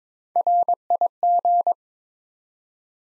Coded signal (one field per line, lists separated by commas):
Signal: Morse code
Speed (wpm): 22 wpm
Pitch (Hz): 700 Hz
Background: none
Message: RIG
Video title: Top 20 QSO Elements 22wpm